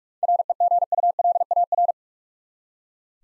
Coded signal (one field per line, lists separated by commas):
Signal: Morse code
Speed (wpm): 42 wpm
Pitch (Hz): 700 Hz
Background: none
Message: REGULAR